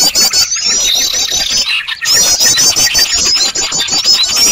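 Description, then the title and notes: Birds giving a continuous, shrill chatter of fast, high squeaks over steady ticking clicks, with a short dip in the noise around two seconds. Noisy bird sounds used for luring birds. "Burung Ribut Pikat"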